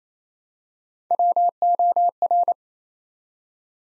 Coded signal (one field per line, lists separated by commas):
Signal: Morse code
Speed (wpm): 27 wpm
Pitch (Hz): 700 Hz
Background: none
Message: WOR